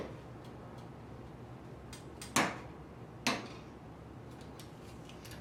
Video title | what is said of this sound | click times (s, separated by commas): Educational Labor: Sram Crank Removal and Reinstallation | that you heard that click that implies that the torque wrench has gotten the bowl to | 2.4 s, 3.3 s